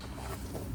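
A metal brake pad abutment clip is being handled and pressed toward the caliper bracket on the front brake of a Ford Transit 250 van. Only a steady, low broadband noise is heard for the whole 0.8 seconds, with no distinct hit. Nothing has seated or clicked into place yet.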